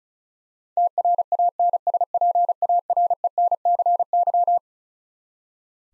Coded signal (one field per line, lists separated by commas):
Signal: Morse code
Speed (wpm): 34 wpm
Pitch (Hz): 700 Hz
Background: none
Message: TRANSPARENCY